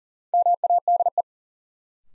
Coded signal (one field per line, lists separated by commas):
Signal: Morse code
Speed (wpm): 40 wpm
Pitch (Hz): 700 Hz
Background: none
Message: MADE